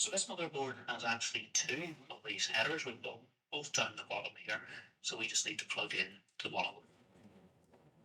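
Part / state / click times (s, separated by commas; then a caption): cable connector into motherboard header / not seated / none. Someone talks while handling a front-panel/USB cable connector, about to plug it into one of two headers near the bottom of a motherboard. Speech fills most of the clip with short pauses. The connector has not seated or clicked yet.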